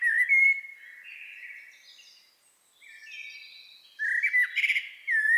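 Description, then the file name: Eurasian blackbird song: clear whistled phrases near the start and end, with softer twittering between and a brief quiet gap in the middle. "Turdus merula"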